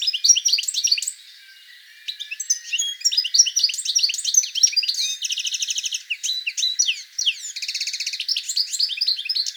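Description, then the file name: European goldfinch with lively twittering, tinkling notes mixed with two rapid buzzy trills, chattering with only one short pause early on. "Carduelis carduelis"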